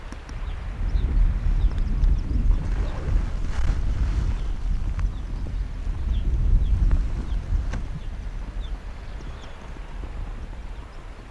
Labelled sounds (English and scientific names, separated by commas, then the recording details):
Arctic Fox (Vulpes lagopus)
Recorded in the wild
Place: Insel Mednyi, Kommandeur-Inseln, RU
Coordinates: 54.5167, 168.083
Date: 1999-07-09
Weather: 8°C, starker Westwind
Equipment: Sony WM-D6C, Sennheiser ME 80, K 30 AV, Windkorb, Kopie Sony TCD-D8
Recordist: Jakupi, Antje